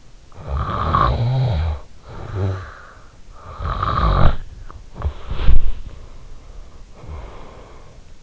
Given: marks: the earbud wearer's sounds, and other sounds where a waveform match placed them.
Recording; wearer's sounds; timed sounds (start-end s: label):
sounds in sleep by an in-ear microphone; snoring breath, body movement
0.13-2.87 s: snoring breath
3.10-4.70 s: snoring breath
4.71-5.93 s: body movement
5.93-8.23 s: snoring breath